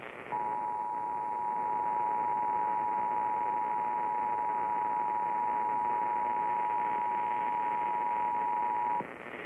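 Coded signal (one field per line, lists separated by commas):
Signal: Emergency Alert System (SAME) tones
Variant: 853 and 960 Hz attention tone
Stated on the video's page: Illinois Required Monthly Test originated by the state emergency management agency and relayed on all Illinois radio and TV stations.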